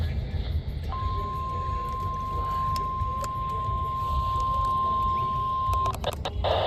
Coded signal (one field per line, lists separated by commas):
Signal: Emergency Alert System (SAME) tones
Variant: 1050 Hz attention tone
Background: speech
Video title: 6PM TBW Required Weekly Test - 10/8/25 (EAS #4739-4740)